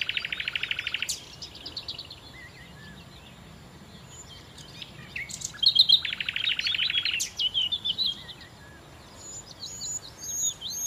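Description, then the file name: Common nightingale song: two loud, rapid rattling trills separated by quieter twittering phrases, with brief high chirps between them. "Nachtigall"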